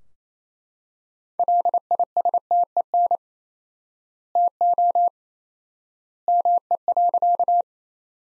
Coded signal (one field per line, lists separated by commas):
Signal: Morse code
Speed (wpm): 28 wpm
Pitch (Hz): 700 Hz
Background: none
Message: LISTEN TO ME.